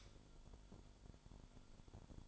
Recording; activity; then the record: daily activity, microphone in the room; light off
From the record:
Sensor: 5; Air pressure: 1008.0 hPa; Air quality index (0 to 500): 99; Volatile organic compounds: 1 ppm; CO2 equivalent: 771 ppm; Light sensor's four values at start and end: 37/86/35/36 and 37/85/35/35